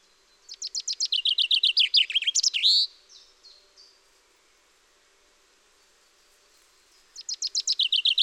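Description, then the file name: Common chaffinch song: a fast series of sharp notes stepping down in pitch into a terminal flourish, followed by a few soft notes, then another phrase begins. "Fringilla coelebs"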